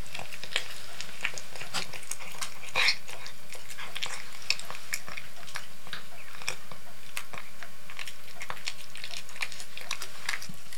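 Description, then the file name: Cat eating, with many sharp wet clicks and smacks at irregular intervals. Cat eating canned cat food. "Digiffects Sound Effects Library - Cat Eating Canned Cat Food"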